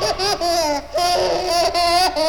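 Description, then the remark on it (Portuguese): A baby babbles and giggles in a run of high-pitched, sing-song vocal bursts, broken by a few brief pauses, fairly loud and heard alone for a couple of seconds. “Esse nenezinho vive a me amolar. Não é um bom menino, vive a perturbar. No colo do meu bem, sempre a gaguejar.”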